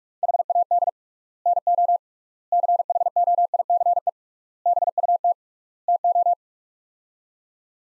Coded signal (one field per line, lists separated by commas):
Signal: Morse code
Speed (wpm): 45 wpm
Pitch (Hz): 700 Hz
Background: none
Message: HAD NO CHOICE BUT TO